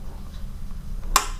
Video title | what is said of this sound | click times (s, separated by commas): Unboxing Phone Holder Murah Berkualitas -- Quick Release | Nah, tuh bunyi klik. Ini udah ngunci kuat banget ini. | 1.2 s